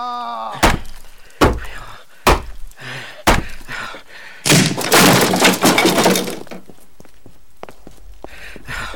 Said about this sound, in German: Ich verlange, dich zu sehen. Sonst müssen wir die Tür mit Gewalt öffnen.